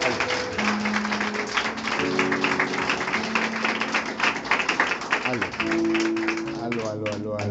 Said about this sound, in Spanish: Bríndele un aplauso al Señor, por favor.